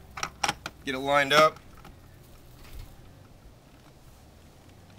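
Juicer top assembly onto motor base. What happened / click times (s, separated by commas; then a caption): The plastic top is being positioned on the base but has not locked yet / none. The assembled plastic top piece of an Omega VERT VRT330 vertical slow juicer is being handled and lined up on the motor base. A few short plastic knocks come in the first 0.7 seconds, someone talks briefly, and then it goes quiet. Nothing has seated or locked yet.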